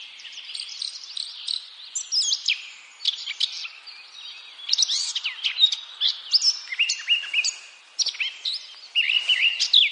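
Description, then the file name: Eurasian blackcap song, a rapid, varied warble of high chirps, trills and slurred whistles running almost continuously for ten seconds with only brief pauses. "Sylvia atricapilla"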